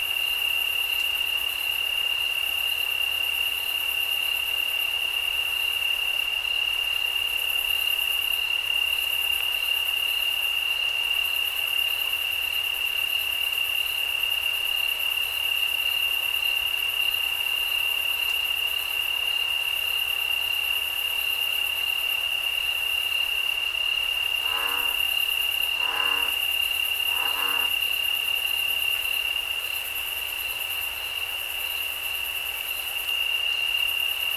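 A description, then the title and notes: A night scene in the mountains: a steady, dense chorus of insects holds one high, thin pitch throughout, with fainter shimmering calls above it. Around 25 to 28 seconds, three short rising chirps, likely a frog, break through. Night time at Santa Cruz, CA. Sounds of the Santa Cruz Mountains.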